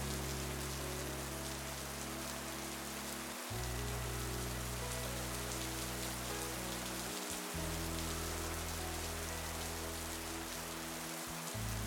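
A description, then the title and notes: Steady, dense rain shower hisses evenly throughout, bright, without letting up. Beneath it, soft music holds low, sustained chords that shift to new notes about every four seconds, around 3.5, 7, and 11 seconds. Authentic RAIN SHOWER Sound and Soft MUSIC. Realistic rain shower sound and soothing music.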